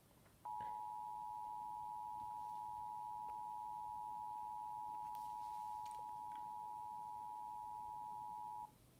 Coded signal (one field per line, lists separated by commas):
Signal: Emergency Alert System (SAME) tones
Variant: 853 and 960 Hz attention tone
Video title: (EAS FAIL TURNED ME INTO A DEMON) Vermont Required Monthly Test (EAS #73)